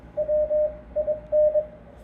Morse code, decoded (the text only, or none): WIN